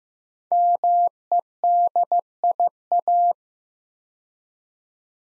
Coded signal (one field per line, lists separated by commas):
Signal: Morse code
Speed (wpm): 15 wpm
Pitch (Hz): 700 Hz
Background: none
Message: MEDIA